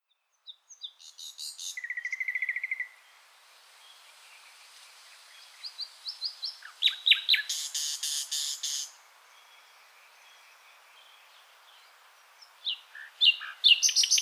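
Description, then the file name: Common nightingale song in separate phrases: a rapid trill of repeated notes, a pause, then whistles leading into a loud, dry rattle, followed by more varied chirps after silence. "Luscinia megarhynchos"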